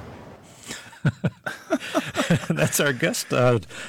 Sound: laughter